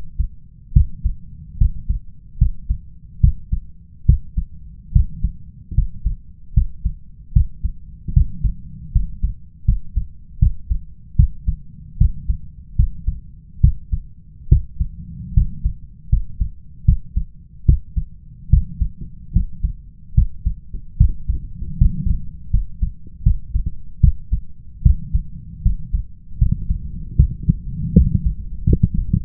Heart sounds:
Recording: heart sounds by stethoscope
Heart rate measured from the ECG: 75 bpm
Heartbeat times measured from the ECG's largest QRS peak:
0.72 s: heartbeat
1.57 s: heartbeat
2.37 s: heartbeat
3.20 s: heartbeat
4.05 s: heartbeat
4.92 s: heartbeat
5.74 s: heartbeat
6.53 s: heartbeat
7.32 s: heartbeat
8.12 s: heartbeat
8.91 s: heartbeat
9.64 s: heartbeat
10.38 s: heartbeat
11.15 s: heartbeat
11.97 s: heartbeat
12.75 s: heartbeat
13.60 s: heartbeat
14.48 s: heartbeat
15.33 s: heartbeat
16.09 s: heartbeat
16.84 s: heartbeat
17.65 s: heartbeat
18.49 s: heartbeat
19.32 s: heartbeat
20.14 s: heartbeat
20.97 s: heartbeat
21.77 s: heartbeat
22.50 s: heartbeat
23.22 s: heartbeat
24.00 s: heartbeat
24.82 s: heartbeat
25.62 s: heartbeat
26.38 s: heartbeat
27.15 s: heartbeat
27.93 s: heartbeat
28.65 s: heartbeat
From the record:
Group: healthy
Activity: rest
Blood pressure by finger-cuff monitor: 127/78 mmHg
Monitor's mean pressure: 95 mmHg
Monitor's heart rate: 74 bpm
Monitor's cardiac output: 6.2 L/min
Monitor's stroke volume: 82 mL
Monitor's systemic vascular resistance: 1110 dyn s/cm5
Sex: male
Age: 21 years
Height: 180 cm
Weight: 67.5 kg

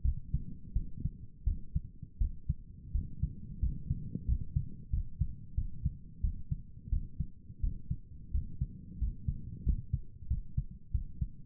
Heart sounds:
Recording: heart sounds by stethoscope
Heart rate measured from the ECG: 88 bpm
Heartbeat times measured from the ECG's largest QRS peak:
0.03 s: heartbeat
0.74 s: heartbeat
1.45 s: heartbeat
2.19 s: heartbeat
2.92 s: heartbeat
3.60 s: heartbeat
4.26 s: heartbeat
4.91 s: heartbeat
5.55 s: heartbeat
6.21 s: heartbeat
6.90 s: heartbeat
7.61 s: heartbeat
8.32 s: heartbeat
8.99 s: heartbeat
9.64 s: heartbeat
10.28 s: heartbeat
10.92 s: heartbeat
From the record:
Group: healthy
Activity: rest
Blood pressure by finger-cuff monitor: 119/78 mmHg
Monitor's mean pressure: 89 mmHg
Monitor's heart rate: 87 bpm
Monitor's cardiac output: 7.3 L/min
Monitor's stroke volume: 84 mL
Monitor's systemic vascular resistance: 890 dyn s/cm5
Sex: male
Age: 19 years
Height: 178 cm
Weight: 83 kg

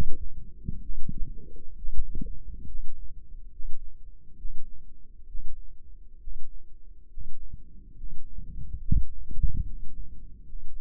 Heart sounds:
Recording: heart sounds by microphone in the left ear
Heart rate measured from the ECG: 69 bpm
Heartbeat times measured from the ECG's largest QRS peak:
0.81 s: heartbeat
1.76 s: heartbeat
2.66 s: heartbeat
3.51 s: heartbeat
4.36 s: heartbeat
5.26 s: heartbeat
6.19 s: heartbeat
7.09 s: heartbeat
7.95 s: heartbeat
8.80 s: heartbeat
9.65 s: heartbeat
10.45 s: heartbeat
From the record:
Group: healthy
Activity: rest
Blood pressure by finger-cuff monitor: 124/73 mmHg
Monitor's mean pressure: 85 mmHg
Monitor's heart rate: 67 bpm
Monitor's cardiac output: 6.2 L/min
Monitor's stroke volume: 93 mL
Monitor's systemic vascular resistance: 1020 dyn s/cm5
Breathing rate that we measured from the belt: 17 breaths a minute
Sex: male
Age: 35 years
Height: 180 cm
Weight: 86.9 kg

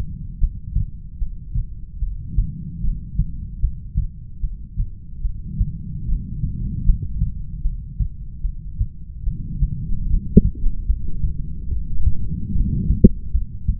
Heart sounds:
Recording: heart sounds by stethoscope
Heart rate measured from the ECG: 74 bpm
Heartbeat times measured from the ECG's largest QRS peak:
0.41 s: heartbeat
1.20 s: heartbeat
2.01 s: heartbeat
2.83 s: heartbeat
3.62 s: heartbeat
4.43 s: heartbeat
5.23 s: heartbeat
6.07 s: heartbeat
6.87 s: heartbeat
7.64 s: heartbeat
8.43 s: heartbeat
9.26 s: heartbeat
10.09 s: heartbeat
10.88 s: heartbeat
11.70 s: heartbeat
12.54 s: heartbeat
13.33 s: heartbeat
From the record:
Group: heart failure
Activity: rest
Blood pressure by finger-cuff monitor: 89/56 mmHg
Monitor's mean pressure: 68 mmHg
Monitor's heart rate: 74 bpm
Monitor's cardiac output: 7.6 L/min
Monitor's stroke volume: 101 mL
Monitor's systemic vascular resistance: 630 dyn s/cm5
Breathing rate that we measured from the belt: 18 breaths a minute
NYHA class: 1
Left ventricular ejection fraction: 39%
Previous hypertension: present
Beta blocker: carvedilol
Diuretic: furosemide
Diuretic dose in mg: 20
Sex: male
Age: 60 years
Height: 178 cm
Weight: 62 kg

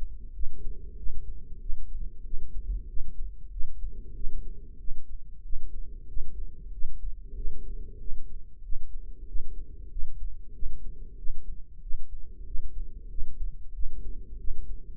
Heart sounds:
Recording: heart sounds by microphone in the right ear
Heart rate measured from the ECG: 94 bpm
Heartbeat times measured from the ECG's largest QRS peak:
0.34 s: heartbeat
0.98 s: heartbeat
1.61 s: heartbeat
2.25 s: heartbeat
2.88 s: heartbeat
3.52 s: heartbeat
4.15 s: heartbeat
4.79 s: heartbeat
5.44 s: heartbeat
6.09 s: heartbeat
6.73 s: heartbeat
7.36 s: heartbeat
8.00 s: heartbeat
8.64 s: heartbeat
9.28 s: heartbeat
9.91 s: heartbeat
10.54 s: heartbeat
11.18 s: heartbeat
11.82 s: heartbeat
12.46 s: heartbeat
13.10 s: heartbeat
13.74 s: heartbeat
14.39 s: heartbeat
From the record:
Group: healthy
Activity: rest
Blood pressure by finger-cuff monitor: 112/61 mmHg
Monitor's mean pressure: 80 mmHg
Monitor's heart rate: 94 bpm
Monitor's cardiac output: 7.5 L/min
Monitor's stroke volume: 80 mL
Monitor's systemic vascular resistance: 760 dyn s/cm5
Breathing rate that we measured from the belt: 18 breaths a minute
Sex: female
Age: 43 years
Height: 160 cm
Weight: 90 kg

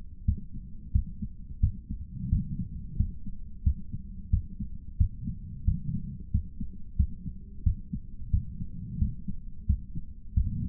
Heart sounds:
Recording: heart sounds by stethoscope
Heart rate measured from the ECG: 89 bpm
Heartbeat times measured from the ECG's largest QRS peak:
0.24 s: heartbeat
0.91 s: heartbeat
1.59 s: heartbeat
2.28 s: heartbeat
2.96 s: heartbeat
3.63 s: heartbeat
4.29 s: heartbeat
4.97 s: heartbeat
5.64 s: heartbeat
6.30 s: heartbeat
6.96 s: heartbeat
7.62 s: heartbeat
8.30 s: heartbeat
8.98 s: heartbeat
9.66 s: heartbeat
10.33 s: heartbeat
From the record:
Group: healthy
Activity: cold pressor test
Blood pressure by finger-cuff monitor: 150/92 mmHg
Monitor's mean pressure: 106 mmHg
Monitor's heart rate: 89 bpm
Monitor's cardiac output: 7.8 L/min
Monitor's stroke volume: 88 mL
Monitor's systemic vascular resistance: 1010 dyn s/cm5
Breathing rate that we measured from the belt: 20 breaths a minute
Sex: male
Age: 57 years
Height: 188 cm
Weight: 106 kg

